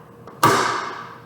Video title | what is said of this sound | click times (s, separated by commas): Chocolate Crinkle Cookies - Creaming Method using Mixer | so i'm going to push down on the back of the bowl until i hear it snap | 0.4 s